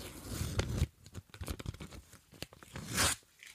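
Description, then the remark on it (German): A sealed paper envelope is torn open in a series of crackly, uneven rips and crinkles, ending with one longer, louder tear, with no voices. “So, ich öffne den Umschlag.”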